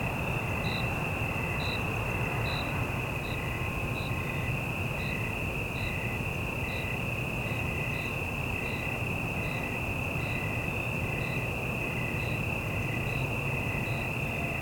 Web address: Surround in The Night 5 1-Stereo City Night Evening Ambience, Single Cricket, Cicadas, Distant Traffic